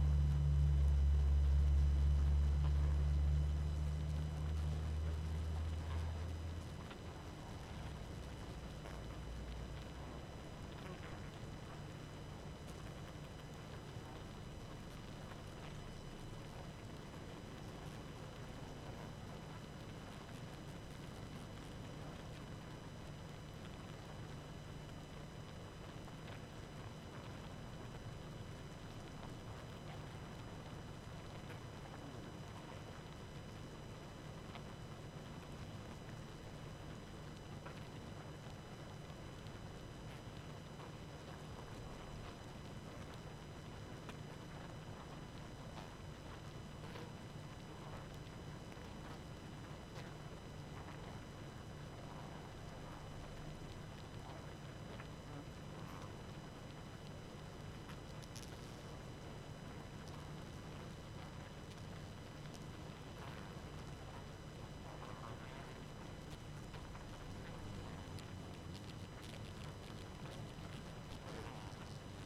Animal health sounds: honeybee colony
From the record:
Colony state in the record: active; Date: 12 June 2018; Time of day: 23:17

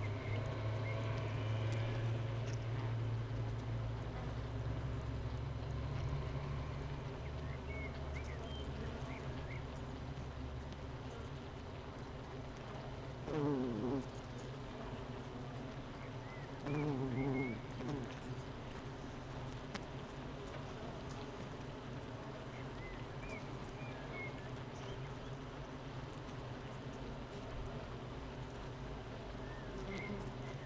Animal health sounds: honeybee colony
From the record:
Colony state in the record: missing queen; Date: 31 May 2018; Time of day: 8:03

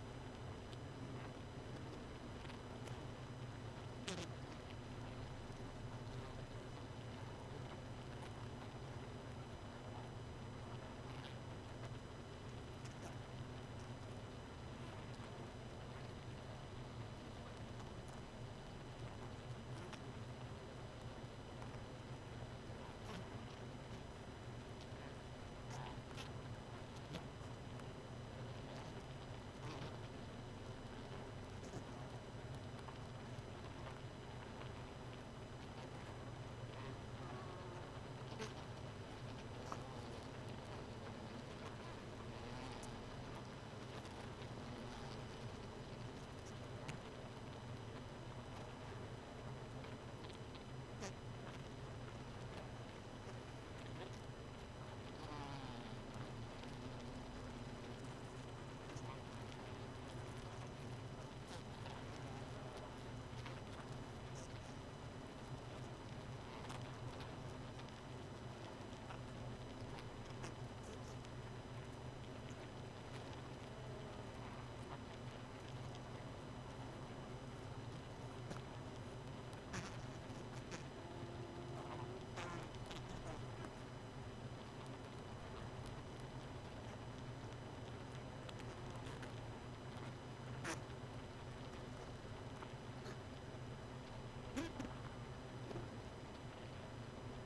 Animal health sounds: honeybee colony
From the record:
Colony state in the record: missing queen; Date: 31 May 2018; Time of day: 0:51

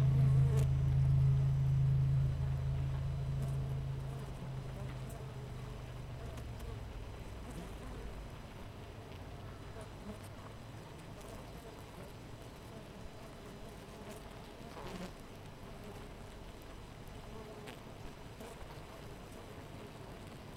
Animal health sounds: honeybee colony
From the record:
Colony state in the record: missing queen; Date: 14 July 2017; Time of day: 5:52

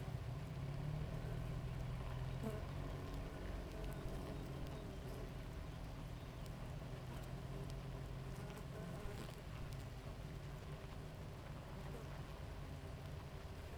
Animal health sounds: honeybee colony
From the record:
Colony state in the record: active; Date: 28 July 2017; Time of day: 5:48

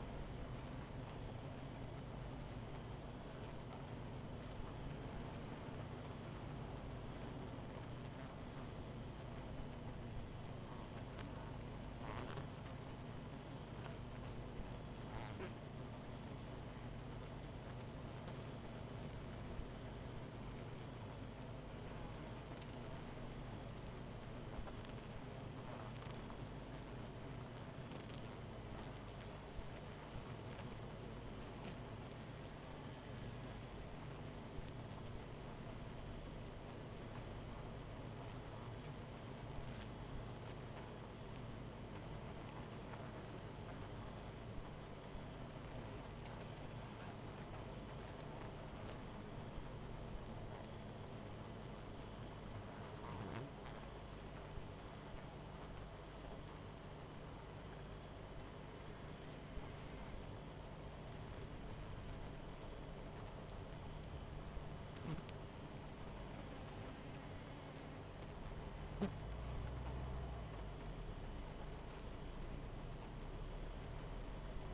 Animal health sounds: honeybee colony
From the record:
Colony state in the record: missing queen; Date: 14 July 2017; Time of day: 21:03

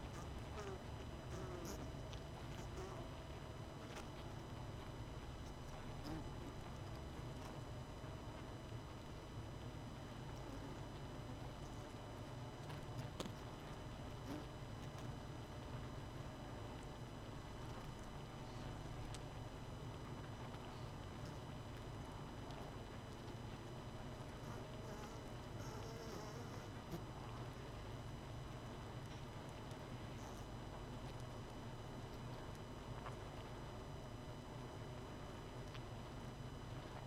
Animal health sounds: honeybee colony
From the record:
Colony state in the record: missing queen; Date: 31 May 2018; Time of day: 20:35

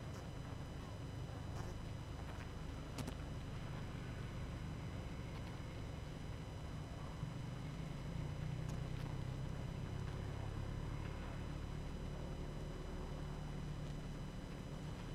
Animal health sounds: honeybee colony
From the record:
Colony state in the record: active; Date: 12 June 2018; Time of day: 19:49

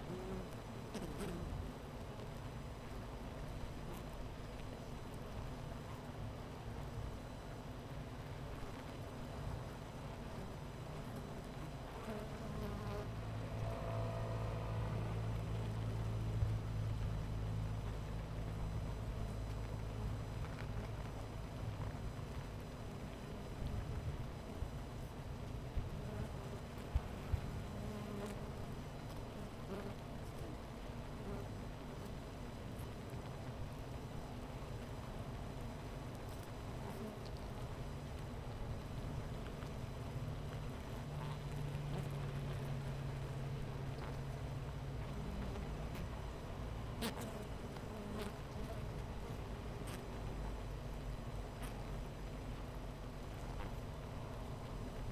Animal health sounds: honeybee colony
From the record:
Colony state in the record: missing queen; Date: 14 July 2017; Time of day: 10:42

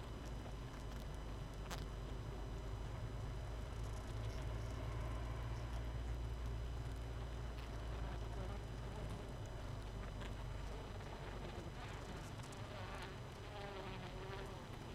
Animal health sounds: honeybee colony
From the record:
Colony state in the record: missing queen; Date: 31 May 2018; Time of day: 22:24

